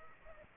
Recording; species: mosquito wingbeat signal from an infrared sensor; Aedes aegypti